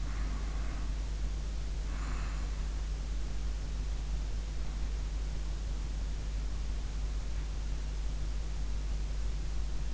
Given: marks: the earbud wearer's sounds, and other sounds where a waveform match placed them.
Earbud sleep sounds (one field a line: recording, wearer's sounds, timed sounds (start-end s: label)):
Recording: sounds in sleep by an in-ear microphone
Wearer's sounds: breath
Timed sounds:
0.00-2.55 s: breath